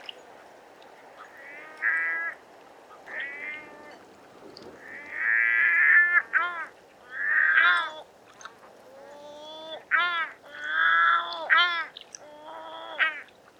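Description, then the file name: Yellow-legged gull whining calls, a long series of harmonic mewing and squealing notes, some rising and falling, given in irregular bursts with brief pauses. Immature bird giving various plaintive calls. "Goéland leucophée (Larus michahellis) - Divers cris plaintifs d un oiseau immature"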